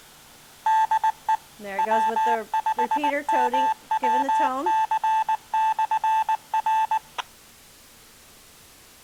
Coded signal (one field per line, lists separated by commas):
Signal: Morse code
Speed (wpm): 20 wpm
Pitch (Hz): 880 Hz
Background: speech, radio noise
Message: DE W5MWC/R